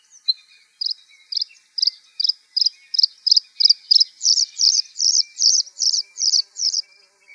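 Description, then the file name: Bluethroat song: a high, ringing note repeated in a steady series, growing louder and fuller into buzzy, rich syllables before stopping. "varakushka"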